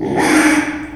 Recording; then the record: squeal of a Yucatan mini pig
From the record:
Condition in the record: after surgery on the right vocal fold (resection and tissue-engineered implant); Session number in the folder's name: 3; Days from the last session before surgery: 33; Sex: male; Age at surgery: 12 weeks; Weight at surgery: 13 kg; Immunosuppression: cyclosporine, prednisolone